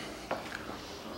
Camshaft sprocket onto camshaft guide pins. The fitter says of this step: во наса встали на место там штифты направляющего оба встали